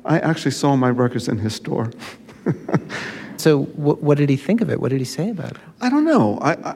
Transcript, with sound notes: I actually saw my records in his store.
(LAUGHTER)
So, what did he think of it? What did he say about it?
I don't know.